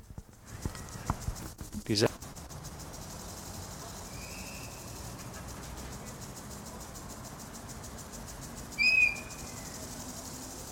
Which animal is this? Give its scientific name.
Tapirus terrestris